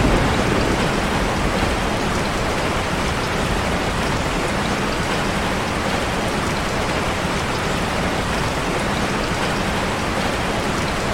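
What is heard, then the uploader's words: Heavy rain pours down in a dense, unbroken hiss, loud and steady from start to finish with no pauses. The downpour fills everything from a low rumble of drops striking surfaces to a bright spattering wash, and no thunder stands out. Intense rainfall.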